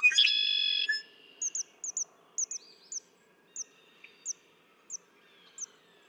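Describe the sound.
Red-winged blackbird song opens with a rough, buzzy trill under a second long, followed by a string of thin, high chirps at uneven intervals.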